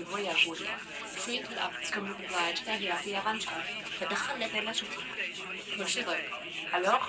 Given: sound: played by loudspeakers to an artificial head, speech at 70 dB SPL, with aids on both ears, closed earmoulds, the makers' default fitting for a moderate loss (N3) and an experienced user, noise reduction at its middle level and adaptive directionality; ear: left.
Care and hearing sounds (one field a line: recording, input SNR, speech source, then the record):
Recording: speech test signal (ISTS) in cocktail-party noise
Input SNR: +3 dB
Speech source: on the right (90 degrees)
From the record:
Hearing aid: class 2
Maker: E